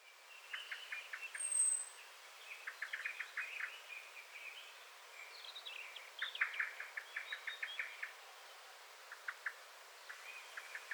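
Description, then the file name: Common blackbird calling with bursts of quick, clipped chattering notes in uneven groups, some pauses between runs, and steady faint hiss behind. "Turdus merula"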